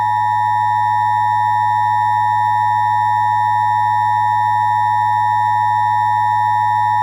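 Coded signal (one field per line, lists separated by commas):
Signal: Emergency Alert System (SAME) tones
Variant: 853 and 960 Hz attention tone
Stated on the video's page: Simulated EAS scenario about a solar eclipse.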